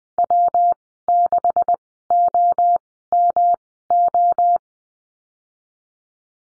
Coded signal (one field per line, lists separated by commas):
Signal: Morse code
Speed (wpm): 20 wpm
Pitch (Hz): 700 Hz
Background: none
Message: W6OMO